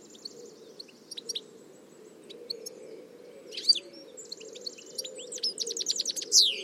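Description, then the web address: Birds calling: scattered high chirps and short rattling trills, a sharp downslurred note near the middle and a loud burst of notes at the end, over a low steady rumble. "Deverinetal"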